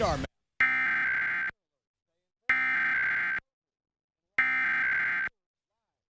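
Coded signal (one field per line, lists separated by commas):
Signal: Emergency Alert System (SAME) tones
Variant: header bursts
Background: speech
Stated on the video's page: Assorted recorded EAS broadcast tests, including required monthly tests from Texas, with uneven audio levels; some station test audio was excessively overmodulated.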